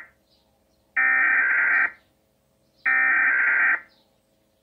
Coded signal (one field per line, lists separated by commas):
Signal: Emergency Alert System (SAME) tones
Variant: header bursts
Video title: THE ACTUAL EAS ALARM FOR ALL U.S STATES